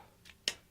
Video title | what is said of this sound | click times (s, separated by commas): Demo GripPortable | so as we start to do this they'll click and pop click and pop | 0.5 s